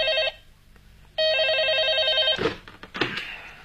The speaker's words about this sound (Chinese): 果然，3天以后的一个夜晚，刑侦处办公室的电话急骤地响起了。